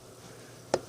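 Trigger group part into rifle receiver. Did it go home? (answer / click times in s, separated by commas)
yes / 0.7 s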